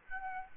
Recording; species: mosquito wingbeat signal from an infrared sensor; Aedes albopictus